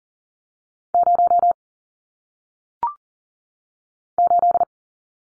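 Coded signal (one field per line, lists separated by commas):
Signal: Morse code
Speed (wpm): 42 wpm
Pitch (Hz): 700 Hz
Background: none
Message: 0 8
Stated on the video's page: Morse code single-digit numbers sent at 40 wpm for head-copy practice, each number sent, spoken, then sent again.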